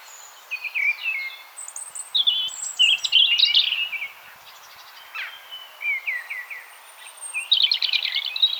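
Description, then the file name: European robin singing high, liquid phrases of trills and descending whistles, separated by short silences, then a rapid twittering burst near the end. "Erithacus rubecula"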